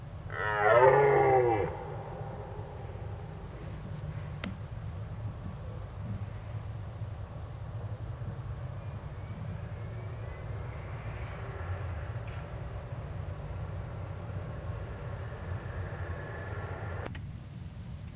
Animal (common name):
Red Deer